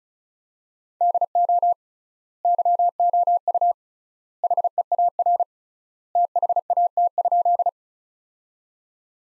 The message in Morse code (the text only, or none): DO YOU HEAR THAT?